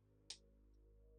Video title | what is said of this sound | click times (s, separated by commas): LEGO Icons Tudor Corner #10350 Day Two! | Okay, there we go. Now it's snapped in place. | 0.3 s